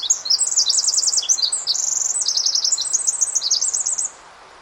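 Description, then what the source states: Pacific Wren song: a long, rapid cascade of high, tinkling trills and notes, packed tightly together for about four seconds before stopping abruptly. Song packs an immense number of very fast notes into a short time; a local bird.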